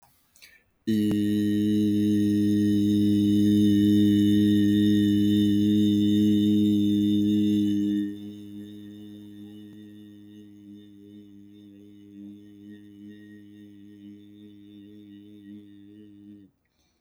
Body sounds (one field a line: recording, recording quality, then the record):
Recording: sustained vowel as in beet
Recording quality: excellent, no background noise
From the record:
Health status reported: exposed to COVID-19, no respiratory illness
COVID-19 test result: negative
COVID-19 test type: rapid antigen test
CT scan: not taken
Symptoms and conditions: none ticked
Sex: male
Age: 31 years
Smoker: yes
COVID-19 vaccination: both doses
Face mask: not worn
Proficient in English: yes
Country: Canada